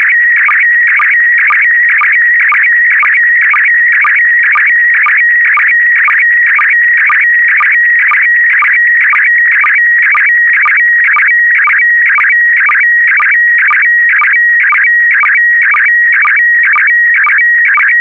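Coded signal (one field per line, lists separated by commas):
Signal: SSTV (slow-scan television)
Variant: PD120 mode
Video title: (11 of 12) ISS Expedition 65 - MAI 75 August 2021 - Retransmission SSTV PD120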